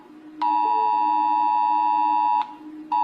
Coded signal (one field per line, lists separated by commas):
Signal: Emergency Alert System (SAME) tones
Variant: 853 and 960 Hz attention tone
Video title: Rating EAS Alerts (ALL PARTS) (1-8)